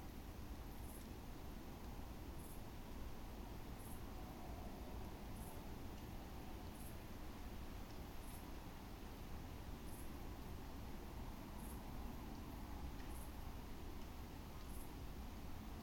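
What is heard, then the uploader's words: Woodcock roding over an oak in the Forest of Dean: a thin, high squeak repeats at a steady pace, about every one and a half seconds, throughout. Beneath it runs a constant, dense low rumble, like far-off traffic, that never changes in level. An oak tree deep within the Forest of Dean where woodcock make their roding flights.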